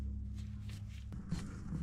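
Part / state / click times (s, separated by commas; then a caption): spark plug cap onto spark plug on ATV engine / not seated / none. A spark plug cap (rubber boot) is handled at the spark plug terminal on a Can-Am Outlander ATV engine, with a steady low hum and faint handling noises throughout. Nothing has seated or clicked yet; the cap is not yet pushed home onto the plug.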